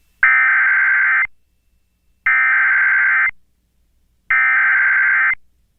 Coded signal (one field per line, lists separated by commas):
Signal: Emergency Alert System (SAME) tones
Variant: header bursts